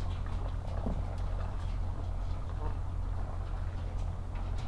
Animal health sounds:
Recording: poultry house recording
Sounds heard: sick chickens (respiratory disease)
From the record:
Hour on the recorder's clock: 8

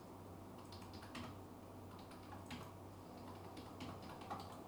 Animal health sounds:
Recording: poultry house recording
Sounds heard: no chicken sound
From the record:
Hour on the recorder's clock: 18

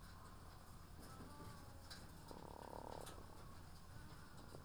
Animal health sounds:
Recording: poultry house recording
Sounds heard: sick chickens (respiratory disease)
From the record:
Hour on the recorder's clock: 17

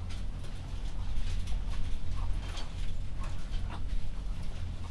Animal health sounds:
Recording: poultry house recording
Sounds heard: sick chickens (respiratory disease)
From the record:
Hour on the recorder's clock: 21

